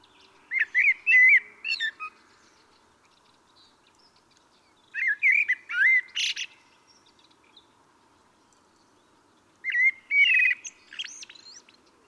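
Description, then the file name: Common blackbird singing three warbled phrases about four to five seconds apart, each mixing low mellow whistles with sharp, high-pitched twittering notes. "Turdus merula"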